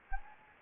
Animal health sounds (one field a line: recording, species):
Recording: mosquito wingbeat signal from an infrared sensor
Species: Anopheles gambiae